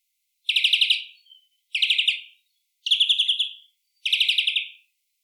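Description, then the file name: European greenfinch calls: four rapid rattling trills, each about three-quarters of a second long, repeated roughly every second and a quarter. "Chloris chloris"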